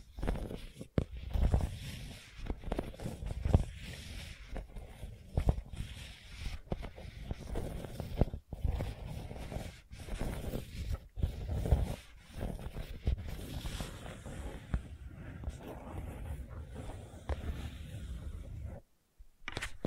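Gentle scratching runs almost without pause, a dense low rustle broken by brief gaps and sharp clicks, stopping near the end.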